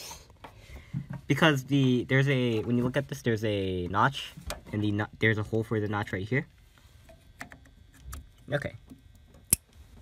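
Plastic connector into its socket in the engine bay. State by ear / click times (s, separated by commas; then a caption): seated / 9.5 s. A plastic connector for the auxiliary water pump (engine coolant) on a 2004–2009 Toyota Prius Hybrid Gen II is lined up by its notch and hole for correct orientation and pushed into its socket in the engine bay while someone talks. After some quieter handling noises, a sharp click at 9.5 s marks the connector seating securely.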